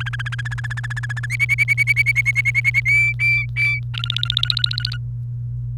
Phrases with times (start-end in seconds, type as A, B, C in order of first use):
0.00-1.26 A, 1.30-2.80 B, 2.85-3.79 C, 3.94-4.97 D